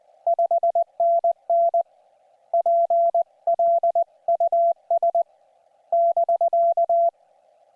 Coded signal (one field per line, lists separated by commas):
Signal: Morse code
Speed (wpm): 20 wpm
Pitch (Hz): 690 Hz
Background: none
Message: 5NN PLUS <BK>